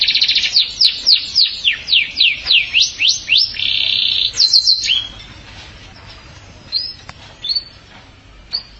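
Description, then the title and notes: Canary song: loud trill of sweeping notes repeated about four times a second, a brief steady buzz, a fast flourish, then sparse high chirps. "Suara Burung Kenari"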